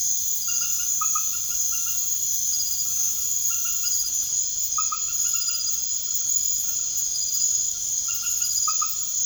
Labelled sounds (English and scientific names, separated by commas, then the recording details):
none
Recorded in secondary vegetation near Puerto Asís, Putumayo, Colombia, on 21 March 2025 at 23:30
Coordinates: 0.489, -76.322
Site G042